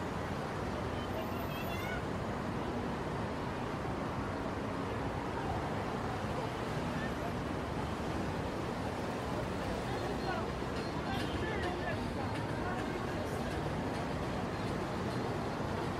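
A soundscape on the Brooklyn Bridge in New York City: a dense, steady roar of traffic fills the low end throughout. Indistinct voices murmur in the mix, and brief brighter clicks and rattles surface around two seconds and again near eleven seconds.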